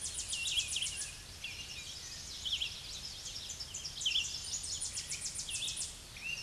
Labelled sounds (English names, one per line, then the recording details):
Red-eyed Vireo song
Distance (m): 30 m
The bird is about 15 m above the microphone
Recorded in a Pennsylvania forest on 16 May 2024 at 07:14
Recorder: AudioMoth, point MSD-2429
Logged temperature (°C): 16.7 °C
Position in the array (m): 101 m, 103 m